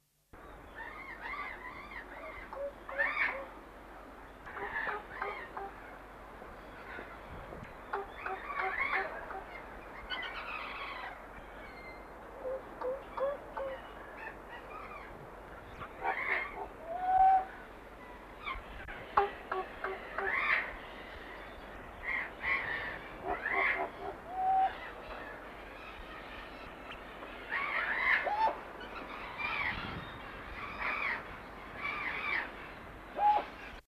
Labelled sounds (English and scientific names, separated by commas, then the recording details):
Eclectus Parrot (Eclectus roratus) call
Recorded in captivity
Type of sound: call
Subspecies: aruensis
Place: Vogelpark Walsrode, Niedersachsen, DE
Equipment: Halbspur, 9,5 cm/s
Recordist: Lütgens, Hans
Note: Rufe